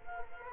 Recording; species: mosquito wingbeat signal from an infrared sensor; Culex quinquefasciatus